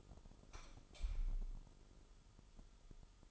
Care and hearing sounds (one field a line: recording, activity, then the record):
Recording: daily activity, microphone in the room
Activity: light off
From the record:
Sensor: 5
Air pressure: 988.5 hPa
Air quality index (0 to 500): 216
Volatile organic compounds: 116 ppm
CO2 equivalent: 3852 ppm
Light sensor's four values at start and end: 45/137/53/57 and 44/131/51/54